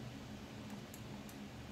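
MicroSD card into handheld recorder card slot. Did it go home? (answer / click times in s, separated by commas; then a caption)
yes / 0.9 s. A microSD card is pushed into the spring-loaded card slot on the left side of a Zoom H1 handheld audio recorder. Against a steady low hum, the card latches with a small, sharp click at 0.9 s, and it is seated.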